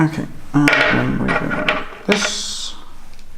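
A small clip-on accessory from the Fangs Minis V2 is handled against its mount during installation while someone talks. Nothing has seated or clicked yet.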